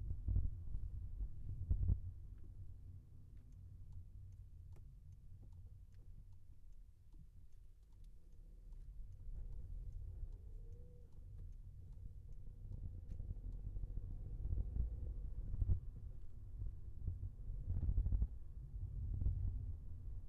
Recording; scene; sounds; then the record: everyday scene through a hearing-aid microphone; in a vehicle; engine, highway traffic jam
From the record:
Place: Skoda Fabia, gasoline engine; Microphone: behind the ear, left, front